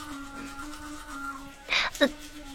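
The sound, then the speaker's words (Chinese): An electric toothbrush hums steadily at a low, even pitch as someone brushes their teeth in front of a mirror, then two short, louder scrubbing bursts break in near the end. “宋满说完没听见周迷应声，往镜子里看一眼，他只是端着电动牙刷刷牙，脸上什么表情也没有”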